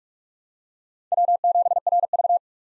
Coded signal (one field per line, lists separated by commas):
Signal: Morse code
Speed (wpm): 43 wpm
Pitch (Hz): 700 Hz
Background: none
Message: W7RV